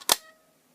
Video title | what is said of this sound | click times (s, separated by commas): 1) Sony video camera - Introduction.mov | you can just click it back closed. | 0.1 s